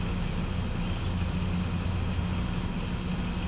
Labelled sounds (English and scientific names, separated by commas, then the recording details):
none
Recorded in pastures near Puerto Asís, Putumayo, Colombia, on 18 December 2024 at 17:00
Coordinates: 0.505, -76.324
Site G063